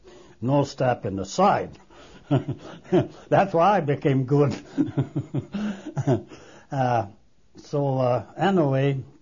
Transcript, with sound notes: No stepping aside. (he laughs) That's why I became good. So, uh, anyway...